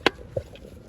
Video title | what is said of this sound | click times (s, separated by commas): REVIEW ON THE 2020 ORANGE & 2019 colours | goes down look at the button now locks in place if you press it in again | 0.1 s